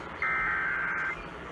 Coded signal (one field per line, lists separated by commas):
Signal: Emergency Alert System (SAME) tones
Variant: header bursts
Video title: KALI 900 Required Weekly Test (EAS #4042) 7/8/21